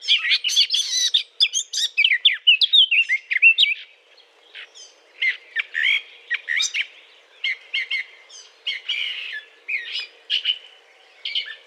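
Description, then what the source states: Eurasian blackcap courtship song: a rapid jumbled warble of scratchy and whistled notes for about four seconds, then sparser, spaced short phrases. Courtship song; recorded 20 April 2009.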